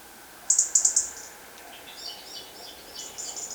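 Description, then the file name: European robin producing a quick run of sharp, high-pitched ticking notes, followed by softer, fainter high phrases over light background hiss. "Erithacus rubecula"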